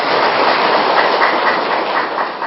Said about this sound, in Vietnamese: Giỏi, cho tràng pháo tay đi.